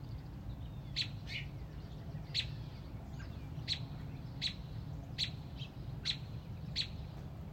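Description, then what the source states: Robin chirping in sharp, high single notes spaced about a second apart, over a low steady hum. Mother robin protecting a newly hatched chick on a front porch.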